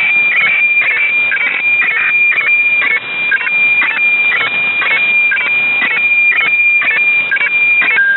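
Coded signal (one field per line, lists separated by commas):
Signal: weather fax (radiofax)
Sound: steady high whine broken by rhythmic raspy chirps about twice a second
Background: radio static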